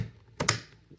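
The battery pack of a Trucozie cordless stick vacuum slides along its groove into the plastic handle and latches in place. Two sharp clicks are heard at 0.4 and 0.5 seconds, and the pack is seated.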